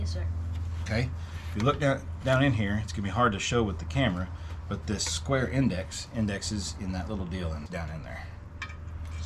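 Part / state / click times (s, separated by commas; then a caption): square-indexed valve part into the air rifle's index recess / seated / 8.6 s. While rebuilding a Benjamin Model 340, 342, 347 air rifle, someone talks as a valve part with a small square index is lined up with its matching index recess and dropped in. At 8.6 s it seats with one short metallic tick, locking into place.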